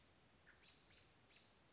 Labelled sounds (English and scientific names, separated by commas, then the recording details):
Western Flycatcher (Empidonax difficilis)
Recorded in Sonoma County, California